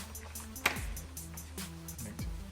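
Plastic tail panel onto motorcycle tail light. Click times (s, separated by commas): 0.7 s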